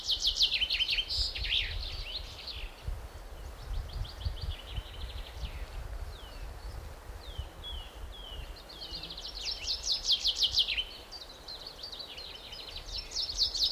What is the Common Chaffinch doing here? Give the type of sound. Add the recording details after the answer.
song. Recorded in the wild. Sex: male. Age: adult. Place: Buckow (Märkische Schweiz), Märkische Schweiz, Brandenburg, DE. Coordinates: 52.5536, 14.0725. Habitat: lake. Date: 1988-04-16 10:35. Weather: sunny, above 8°C. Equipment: Sony WM-D6C, Sony ECM-939 LT, Kopie 19 cm. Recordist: Tembrock, Günter